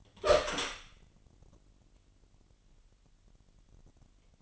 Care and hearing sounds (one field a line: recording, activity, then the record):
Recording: daily activity, microphone in the room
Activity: open door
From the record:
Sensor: 4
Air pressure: 999.1 hPa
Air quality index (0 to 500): 116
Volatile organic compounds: 2 ppm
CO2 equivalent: 1145 ppm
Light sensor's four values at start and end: 13/30/12/13 and 13/32/13/14